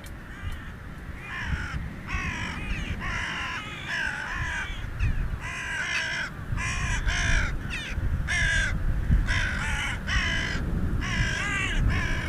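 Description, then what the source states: Carrion crow cawing: many hoarse, harsh caws in loose, irregular runs over a low rumbling background. Completely black bird of farmland and grassland that also visits gardens for food; makes a hoarse cawing sound.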